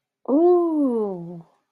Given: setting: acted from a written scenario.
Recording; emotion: vocal sound without words; contentment